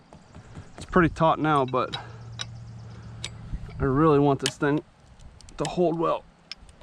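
A metal ratchet-type wire tensioner on the brace wire of an H-brace fence is turned to tighten the wire further, while someone talks over a low steady hum. Sharp metallic ticks sound at about 2.4, 3.3 and 6.5 seconds. Nothing has clicked into place yet.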